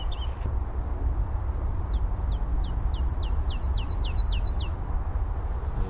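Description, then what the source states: Woodlark song: a phrase of fluty, falling whistled notes delivered at a steady pace, set against continuous low traffic noise. Male woodlark singing from the top of a birch on Oystershell Hill, Chobham Common heathland, Surrey, in spring; song varies each time: faster, slower, slow with notes between, trills, short phrases; traffic noise.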